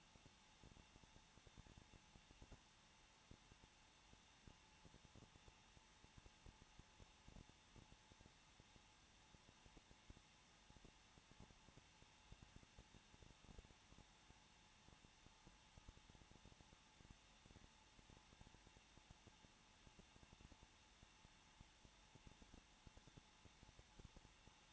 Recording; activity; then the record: daily activity, microphone in the room; no activity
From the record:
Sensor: 1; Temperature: 20.1 degrees Celsius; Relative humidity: 39.4%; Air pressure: 1006.3 hPa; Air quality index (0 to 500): 219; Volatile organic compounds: 83 ppm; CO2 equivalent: 3628 ppm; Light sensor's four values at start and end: 1/2/1/1 and 1/2/1/1